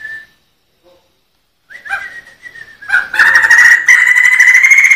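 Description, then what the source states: Sumatran laughingthrush song: a brief whistle, a pause, then wavering whistles that swell into a loud, continuous rolling, buzzy trill. Song in the rolling style called ngerol.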